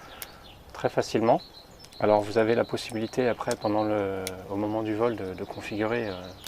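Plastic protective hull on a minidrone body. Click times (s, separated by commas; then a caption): 0.2 s. A plastic protective hull is unclipped from a minidrone body, giving a short sharp click at 0.2 s as it comes off easily. Someone talks throughout the rest of the clip.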